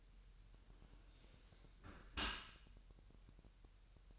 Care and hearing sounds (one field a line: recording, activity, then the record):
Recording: daily activity, microphone in the room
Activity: close dishwasher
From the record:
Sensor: 2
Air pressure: 1000.6 hPa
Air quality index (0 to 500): 247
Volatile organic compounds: 95 ppm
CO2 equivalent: 3718 ppm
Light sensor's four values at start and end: 9/22/9/9 and 9/22/9/9